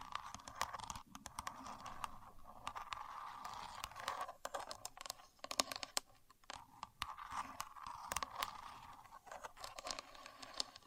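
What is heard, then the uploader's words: A contour gauge's pins clatter and scrape in dense, irregular bursts of sharp clicks, with a steady mid-pitched rasp underneath throughout. A Contour Gauge. No Talking.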